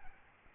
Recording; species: mosquito wingbeat signal from an infrared sensor; Aedes albopictus